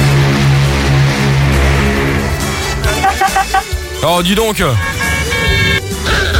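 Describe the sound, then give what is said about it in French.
A loud, steady truck horn blares over a low truck engine rumble, followed by excited voices talking over the lingering motor noise. “Hop, dans le camion.”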